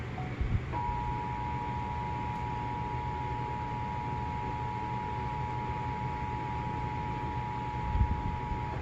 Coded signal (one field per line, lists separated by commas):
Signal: Emergency Alert System (SAME) tones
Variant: 853 and 960 Hz attention tone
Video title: 8/11/21 National EAS Test (EAS #12)